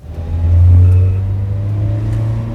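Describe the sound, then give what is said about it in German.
A car engine rumbles up from quiet, its low hum rising in pitch as it revs, then settles into a steady drone as the vehicle moves off. No one speaks. “aber Sie haben ein Auto? Ja, gleich da drüben.”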